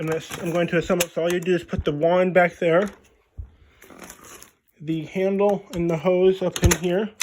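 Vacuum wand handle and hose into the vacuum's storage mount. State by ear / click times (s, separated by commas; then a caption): not seated / none. Someone talks while putting away a Shark ION P50 cordless vacuum, pushing the wand handle and hose up into the vacuum's storage mount. A few faint handling knocks and taps are heard in a quiet pause between the speech. Nothing has seated or clicked yet.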